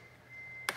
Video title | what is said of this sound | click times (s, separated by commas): Lenovo Legion Y545 Teardown and upgrade options | click and we're up | 0.7 s